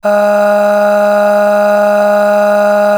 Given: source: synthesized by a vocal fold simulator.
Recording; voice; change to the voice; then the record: sustained vowel; female; aspiration noise (breathiness), level 8 of 10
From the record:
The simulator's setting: 2.24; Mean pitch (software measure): 206 Hz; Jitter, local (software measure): 0.84%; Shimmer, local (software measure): 9.1%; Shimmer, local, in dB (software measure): 0.79 dB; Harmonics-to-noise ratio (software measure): 16.0 dB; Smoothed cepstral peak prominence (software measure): 12.5 dB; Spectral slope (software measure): -21.1 dB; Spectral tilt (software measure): -7.4 dB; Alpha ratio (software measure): -11.6 dB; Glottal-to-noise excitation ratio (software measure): 0.791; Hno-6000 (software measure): 1.9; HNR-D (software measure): 38.1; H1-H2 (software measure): 8.2 dB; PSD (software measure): 4.8e-05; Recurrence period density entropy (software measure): 0.119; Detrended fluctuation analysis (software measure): 0.0274